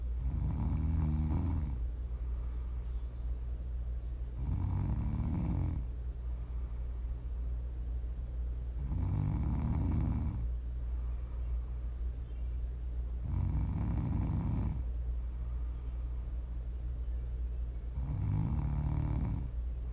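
Five low, rumbling snores about every four seconds, roughly 14 a minute, each lasting a second or so, with quiet breathing between. Steady sleep snoring from an adult, performed as ASMR, over a constant low background hum.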